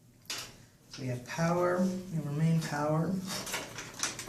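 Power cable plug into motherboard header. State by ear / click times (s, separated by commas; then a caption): seated / 0.3 s. A power cable plug is pushed down onto a motherboard header and clicks into place at 0.3 s as a small tab catches the groove, leaving the connector seated. Someone talks through the rest of the clip, and a couple of brief sharp sounds occur near the end.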